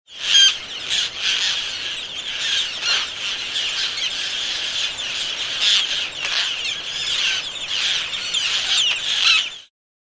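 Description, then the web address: Roseate tern calling: harsh raspy shrieks repeated rapidly with hardly any pauses. Recorded on a mobile phone. "garajau-rosado Telemovel Garajau Rosado"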